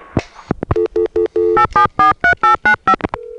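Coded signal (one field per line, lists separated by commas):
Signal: DTMF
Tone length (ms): 110 ms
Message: 8743895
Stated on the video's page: Payphone signalling from privately owned payphones (COCOTs) in Georgia, recorded in 1986.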